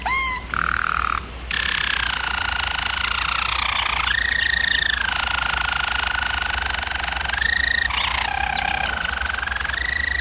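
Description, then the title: German Roller canary song: a brief gap near the start, then continuous rolling notes that step up and down between held tones; low hum beneath. German Roller canary singing; canary training recording for teaching canaries song. "German Roller Canary Singing - Canary Training Vid"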